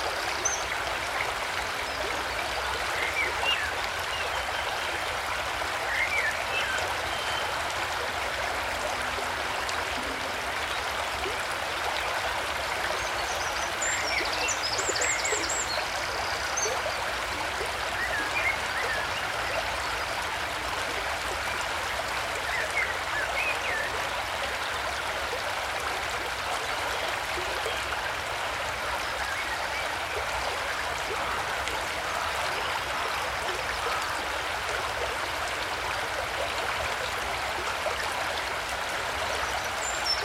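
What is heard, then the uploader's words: Water runs steadily near Pye Bridge, Derbyshire, a dense, unbroken bright rush with faint high chirps around fifteen seconds. Stream. This was recorded close to Pye Bridge, Derbyshire.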